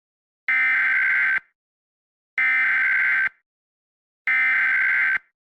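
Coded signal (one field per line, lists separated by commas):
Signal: Emergency Alert System (SAME) tones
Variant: header bursts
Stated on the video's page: Fictional EAS scenario about an asteroid striking the moon.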